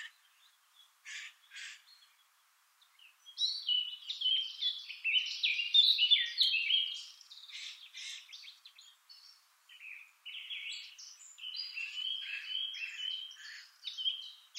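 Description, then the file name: Eurasian blackcap song: a few scattered sharp notes, then a long, loud, jumbled warble of varied chirps and slurs that continues to the end. "Sylvia atricapilla"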